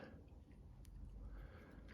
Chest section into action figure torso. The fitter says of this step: click and then click his chest into place there